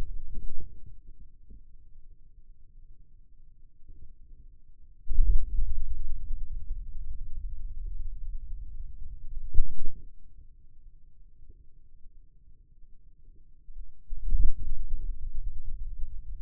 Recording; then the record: forearm muscle sounds (acoustic myography)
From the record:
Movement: radial deviation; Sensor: system 2, bracelet of six BSWA MPA416 microphones around the upper forearm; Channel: 2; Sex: male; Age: 22 years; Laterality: right